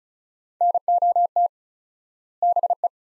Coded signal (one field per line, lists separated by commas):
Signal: Morse code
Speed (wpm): 36 wpm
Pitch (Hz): 700 Hz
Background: none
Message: NOT BE